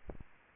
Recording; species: mosquito wingbeat signal from an infrared sensor; Aedes aegypti